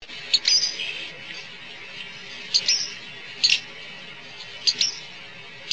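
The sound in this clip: Western flycatcher giving short, high, thin call notes, several sharp chips and slurred notes scattered irregularly over a few seconds, with a soft hiss of background noise.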